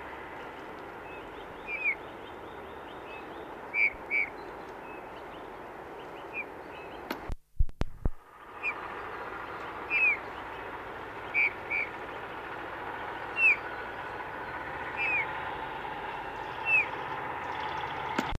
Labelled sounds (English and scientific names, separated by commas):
Eurasian Bullfinch (Pyrrhula pyrrhula) song